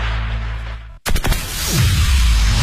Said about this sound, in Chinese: 依法依规放鞭炮，平平安安过春节。